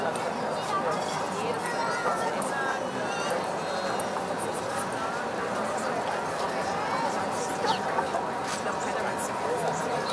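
A summer evening in Berlin fills with a steady murmur of overlapping voices and chatter, with occasional brief clinks and clicks throughout.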